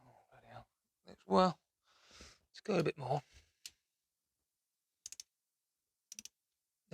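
Someone talks while tightening a valve cover bolt a bit more with a torque wrench, in the aluminium cylinder head thread of a GS750 motorcycle; short sharp ticks come at about 3.7, 5.1 and 6.2 seconds. The bolt keeps turning without reaching torque, so the wrench has not clicked; the thread has stripped.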